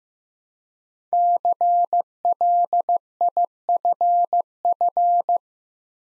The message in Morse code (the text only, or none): CLIFF